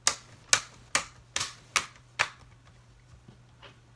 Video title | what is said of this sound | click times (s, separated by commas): Laptop screen replacement / How to replace laptop screen [HP Pavilion DM4-3099SE] | just all snaps right into place now | 0.1 s, 0.5 s, 0.9 s, 1.4 s, 1.8 s